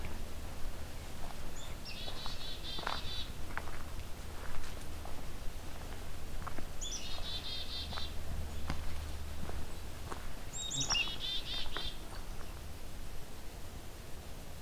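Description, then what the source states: Black-capped Chickadee giving three bursts of buzzy, scratchy chickadee-dee-dee calls, spaced several seconds apart, over a steady low rumble and scattered clicks. Typical chickadee-dee-dee calls.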